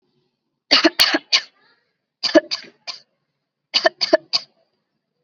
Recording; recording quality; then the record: shallow voluntary cough; excellent, no background noise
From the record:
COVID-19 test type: RT-PCR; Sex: female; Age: 21 years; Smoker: no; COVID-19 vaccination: both doses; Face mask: worn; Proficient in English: yes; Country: India